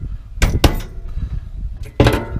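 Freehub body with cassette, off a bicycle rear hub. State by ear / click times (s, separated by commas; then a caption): released / 0.4 s, 0.6 s. A freehub body with the cassette still on it is gripped from behind and pulled straight off a bicycle rear hub as one piece. Sharp clicks come at 0.4 s and 0.6 s, with another metallic clack near 2.0 s. The freehub body and cassette come off the hub easily.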